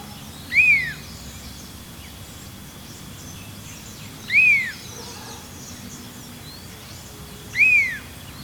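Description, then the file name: Large elaenia calling with three separate arched whistled notes spaced a few seconds apart over low background noise. "Elaenia spectabilis - Large Elaenia"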